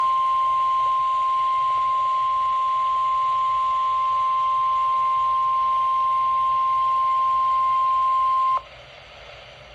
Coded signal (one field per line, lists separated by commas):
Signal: Emergency Alert System (SAME) tones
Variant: 1050 Hz attention tone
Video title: Mid-Week Mayhem Pt. 3 - EAS Alerts from 7/18/24 || EAS 1,342-1,354